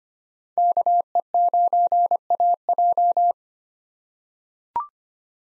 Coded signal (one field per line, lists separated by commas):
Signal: Morse code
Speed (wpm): 25 wpm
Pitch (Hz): 700 Hz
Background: none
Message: KE9AJ